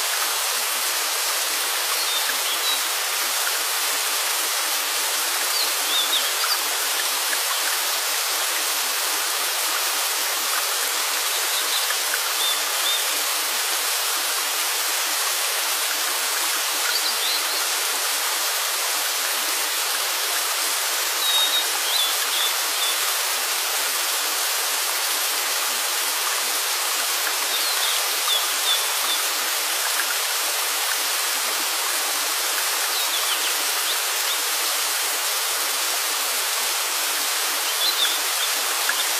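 A waterfall roars without pause, a dense, even rush of falling water that stays at the same loudness for the whole stretch. The sound is bright and hissing, with almost no low rumble, and no other sounds break through.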